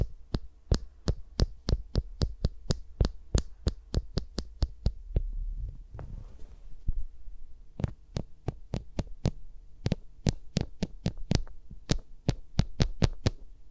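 Fingers tap and brush around microphones in a steady run of sharp, crisp clicks, about two or three per second, each with a low thump beneath. Near the middle the taps pause briefly for a soft rustling sweep, then the regular tapping resumes.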